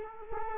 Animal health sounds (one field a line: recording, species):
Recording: mosquito wingbeat signal from an infrared sensor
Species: Culex quinquefasciatus